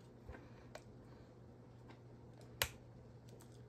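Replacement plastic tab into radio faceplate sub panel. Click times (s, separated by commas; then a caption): 2.6 s. A replacement plastic tab is pushed down into the faceplate sub panel of a Yaesu FT-100 / FT-100D radio, with a few faint ticks over a low steady hum. At 2.6 s the tab snaps into place with one sharp, loud click, showing it has seated.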